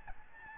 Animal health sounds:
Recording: mosquito wingbeat signal from an infrared sensor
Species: Aedes albopictus

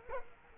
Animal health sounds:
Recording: mosquito wingbeat signal from an infrared sensor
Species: Culex quinquefasciatus

